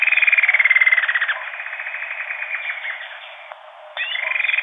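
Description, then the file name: Bird call, a loud pulsed note series falling gently in pitch, trailing into a softer rattle, then a fresh loud burst after a brief pause. "SABIOD 50 bird 2015"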